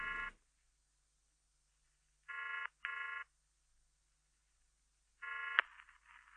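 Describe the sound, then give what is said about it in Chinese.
A telephone call sound effect placed at the start of a song: a rotary telephone rings in buzzy double bursts, then one more ring is cut short by a sharp click, like a handset being picked up. No one speaks. “在歌曲的前面加了一个这样的打电话的效果，不知道你还记不记得这首歌呢？”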